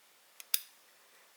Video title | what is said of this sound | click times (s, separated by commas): How to Change Fitbit Charge 4 Bands | insert the band you just align it up and press it in gently until you hear a click and then | 0.5 s